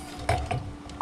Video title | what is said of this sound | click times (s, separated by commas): Outdoor Ceiling Fan Installation | So it kind of gets locked into place. | 1.0 s